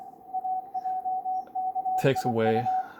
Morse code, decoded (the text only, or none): AJKIU